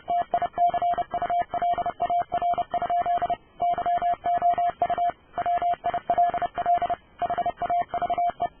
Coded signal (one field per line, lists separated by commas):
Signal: Morse code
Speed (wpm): 29 wpm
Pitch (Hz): 700 Hz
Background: none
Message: TICULAR? YOU WILL HAVE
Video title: 감금되어 있는 그녀가 보낸 '모스 부호'를 해석하면 생기는 일 g1bx24jz